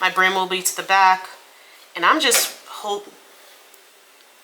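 Someone talks while a cap hoop is slid onto the cap driver of a Bai V22 embroidery machine, with the brim turned to the back. The hoop is held in place while waiting for it to catch the puzzle-piece guide before being pressed home, giving only quiet handling noise. Nothing has caught, seated or clicked yet.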